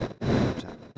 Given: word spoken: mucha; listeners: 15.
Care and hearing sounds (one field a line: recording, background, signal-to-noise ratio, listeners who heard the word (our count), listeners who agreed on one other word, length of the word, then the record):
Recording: one Spanish word in noise, from a listening test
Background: noise modulated by one talker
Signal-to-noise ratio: -11.5 dB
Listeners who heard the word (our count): 2 of 15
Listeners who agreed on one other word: 8 of 15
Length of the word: 0.58 s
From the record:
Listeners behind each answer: 8, 2, 2, 1, 1, 1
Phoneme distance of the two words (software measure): 10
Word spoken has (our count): 2 syllables, 4 phonemes, stress on syllable 1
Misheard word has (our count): 2 syllables, 4 phonemes, stress on syllable 1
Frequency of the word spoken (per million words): 100.92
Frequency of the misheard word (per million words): 133.94